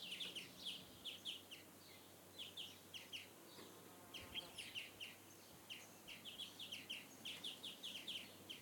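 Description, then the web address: Birds chirping, short high notes in quick clusters repeated steadily throughout, over a soft constant background hiss. Birds in a villa garden with foliage in Essaouira, Morocco. "Prismo Sound - Background Morocco MOROCCO Essaouira Villa Birds and Foliage"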